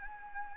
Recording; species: mosquito wingbeat signal from an infrared sensor; Anopheles gambiae